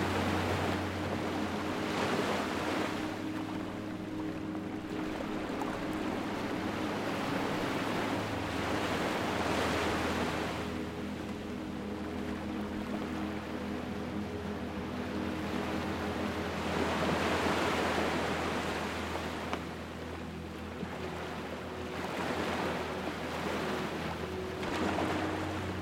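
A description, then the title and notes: Waves roll in to shore in a steady, continuous wash, swelling in soft surges around 2, 10, 17 and 25 seconds before easing back. A low, constant hum runs underneath throughout, with a faint engine-like drone mixed into the surf. Waves Coming To Shore. The gentle lull of waves caressing the shore.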